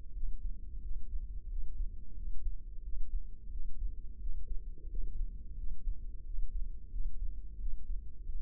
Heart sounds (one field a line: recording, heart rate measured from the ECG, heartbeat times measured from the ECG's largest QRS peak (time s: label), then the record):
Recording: heart sounds by microphone in the left ear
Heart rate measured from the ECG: 89 bpm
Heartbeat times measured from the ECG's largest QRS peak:
0.16 s: heartbeat
0.83 s: heartbeat
1.51 s: heartbeat
2.18 s: heartbeat
2.85 s: heartbeat
3.53 s: heartbeat
4.22 s: heartbeat
4.91 s: heartbeat
5.59 s: heartbeat
6.26 s: heartbeat
6.93 s: heartbeat
7.61 s: heartbeat
8.28 s: heartbeat
From the record:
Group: healthy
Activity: rest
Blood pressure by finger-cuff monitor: 137/85 mmHg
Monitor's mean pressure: 104 mmHg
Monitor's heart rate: 89 bpm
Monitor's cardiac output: 7.5 L/min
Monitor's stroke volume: 83 mL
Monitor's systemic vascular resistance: 1040 dyn s/cm5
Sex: male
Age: 21 years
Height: 175 cm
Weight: 72.6 kg